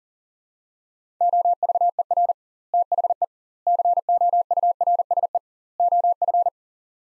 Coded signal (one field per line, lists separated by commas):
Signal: Morse code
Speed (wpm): 37 wpm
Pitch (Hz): 700 Hz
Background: none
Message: OVER THE COURSE OF